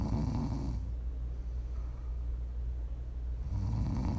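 A sleeping adult snores: low, rumbling breaths with a rough snore on the inhale, then a quieter pause, offered as ASMR snoring for relaxing or falling asleep.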